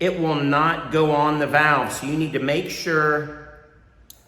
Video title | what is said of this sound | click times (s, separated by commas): Getting Started with B3 Bands - A Complete Guide for Beginners - B3 Sciences | you heard the clip that is in the down position | 4.1 s